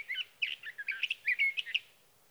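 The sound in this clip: Sage thrasher song, a rapid jumble of warbled, chattering notes around mid-high pitch, lasting about two seconds against a quiet background.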